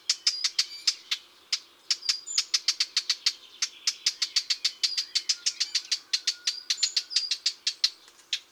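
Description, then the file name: Eurasian blackcap uttering sharp clicking tacks, repeated quickly and fairly evenly for the whole stretch. "Fauvette a tete noire"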